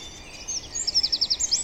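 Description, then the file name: Eurasian wren with a short burst of very high, quick repeated notes forming a brief trill against steady background noise. "Troglodytes troglodytes"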